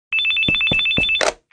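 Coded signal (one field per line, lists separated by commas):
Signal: none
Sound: phone ringtone beeps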